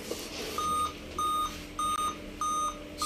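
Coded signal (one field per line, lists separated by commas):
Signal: beep code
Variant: Dell laptop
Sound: continuous series of short, identical high beeps, about five in three seconds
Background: room hum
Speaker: आप यह लगातार जो है ना यह बीपी की आवाज़ कर रहा है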